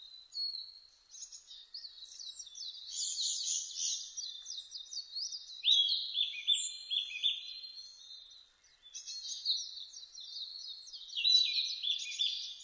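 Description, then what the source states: Narcissus flycatcher song, a rich jumble of high warbled and whistled phrases with quick trills and rolling notes, delivered almost continuously with a brief pause near nine seconds. Recorded 2 May 2005.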